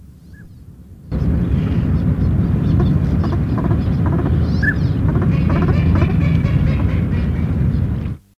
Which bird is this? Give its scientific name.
Anas acuta